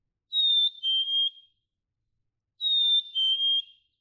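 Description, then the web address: Black-capped chickadee song: a clear whistled two-note fee-bee, the second note slightly lower, sung twice about two seconds apart. "birdsongforthecurious songs Black-capped Chickadee"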